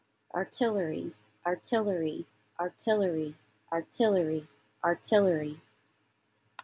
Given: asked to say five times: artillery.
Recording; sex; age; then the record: repeated word; female; 30 to 39 years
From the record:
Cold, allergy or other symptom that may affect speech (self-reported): no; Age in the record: 38 years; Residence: New York, United States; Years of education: 20